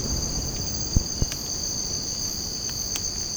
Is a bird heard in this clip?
no